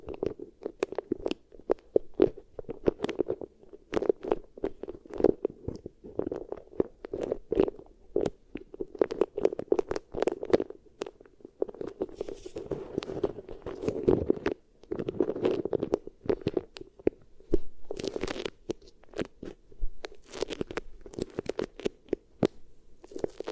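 Beeswax is pressed and worked, giving a dense run of crackly, sticky clicks and crunches throughout. The sounds come in quick irregular bursts over a steady low-mid murmur, with a busier, louder stretch around 14 to 16 seconds and sharp snaps scattered near the end.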